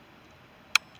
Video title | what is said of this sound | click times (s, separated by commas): Umarex Gauntlet .25 PCP Air Rifle Field Test | Just like that till it clicks. | 0.8 s